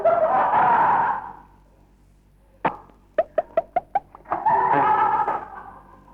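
A comic imitated fart, presented as a fart on the beach: a buzzy, droning blast, then a sharp pop and a rapid string of about six short sputtering toots, ending in another long rasping buzz.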